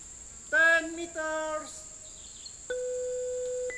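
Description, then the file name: Bird calls: two loud, nasal, harmonic notes, then a long flat steady tone, with a constant high insect drone behind. Recorded in the US on 11 September 2021 at about 11:04. "US 20210911 110421 birds"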